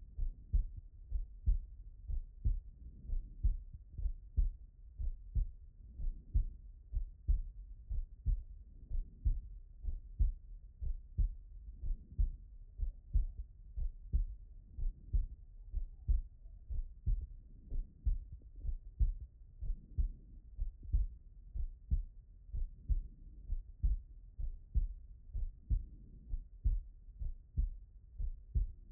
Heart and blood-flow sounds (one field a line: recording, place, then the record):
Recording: heart sounds by stethoscope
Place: pulmonary valve (PV)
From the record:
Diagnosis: non-HFrEF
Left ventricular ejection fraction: 66%